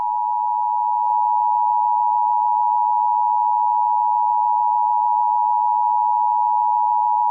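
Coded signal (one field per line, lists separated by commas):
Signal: Emergency Alert System (SAME) tones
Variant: 853 and 960 Hz attention tone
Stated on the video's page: Fictional EAS scenario about the Singing Clergyman; simulated alert.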